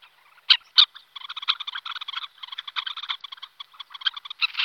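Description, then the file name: Red-necked phalarope chattering call: two sharp clicks, then a rapid, uneven run of short buzzy notes lasting several seconds. "lyskonoh-úzkozobý"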